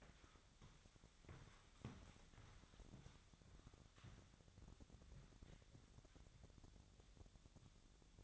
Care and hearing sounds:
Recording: daily activity, microphone in the room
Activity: walk to room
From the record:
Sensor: 3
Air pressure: 999.4 hPa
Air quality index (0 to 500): 195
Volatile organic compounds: 43 ppm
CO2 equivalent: 3189 ppm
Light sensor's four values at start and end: 8/20/8/8 and 8/20/8/8

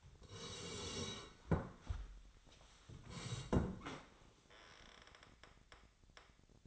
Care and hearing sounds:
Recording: daily activity, microphone in the room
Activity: sit down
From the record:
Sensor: 3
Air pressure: 1015.2 hPa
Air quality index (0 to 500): 134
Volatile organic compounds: 6 ppm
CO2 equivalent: 1897 ppm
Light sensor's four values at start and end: 15/39/16/17 and 14/34/14/15

